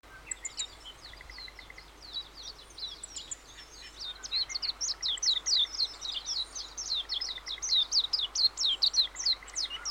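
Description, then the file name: Warbling white-eye calls: many thin, high chirps and twitters in lively overlapping bursts, growing busier after four seconds, with a few short dry trills mixed in. "mejiro"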